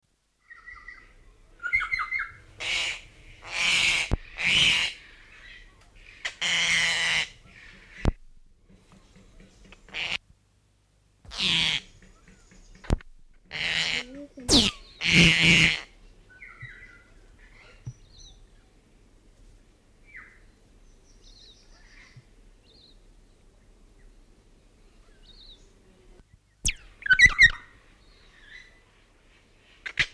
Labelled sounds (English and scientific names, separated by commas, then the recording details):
Kākā (Nestor meridionalis)
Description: Kākā: North Island kākā song
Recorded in New Zealand